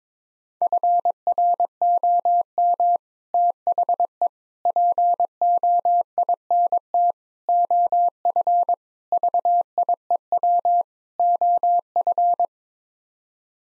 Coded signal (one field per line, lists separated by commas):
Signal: Morse code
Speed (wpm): 22 wpm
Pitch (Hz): 700 Hz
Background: none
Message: FROM THE POINT OF VIEW OF